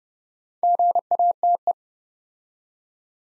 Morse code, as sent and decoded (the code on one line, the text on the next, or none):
--. .- - .
GATE